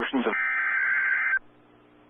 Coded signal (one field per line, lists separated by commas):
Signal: Emergency Alert System (SAME) tones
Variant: header bursts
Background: speech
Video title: OK SVR EAS #624